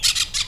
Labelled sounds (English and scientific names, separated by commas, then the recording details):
Brown-throated Parakeet (Eupsittula pertinax) contact call
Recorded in Venezuela
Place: Cerro Saroche, Hato Dalmatela, Edo. Lara
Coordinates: 10.149, -69.534